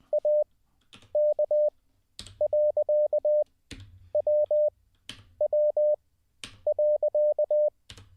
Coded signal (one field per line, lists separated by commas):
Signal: Morse code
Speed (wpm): 20 wpm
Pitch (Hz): 600 Hz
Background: none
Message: AK.WW.